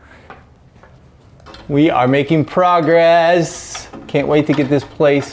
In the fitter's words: I love the way the magnets just snap into place.